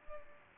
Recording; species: mosquito wingbeat signal from an infrared sensor; Culex pipiens